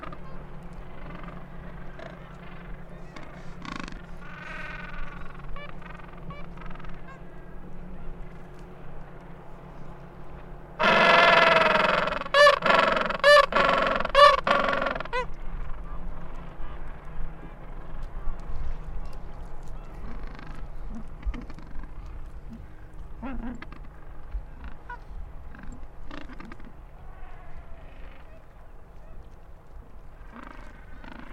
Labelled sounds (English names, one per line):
Gentoo Penguin call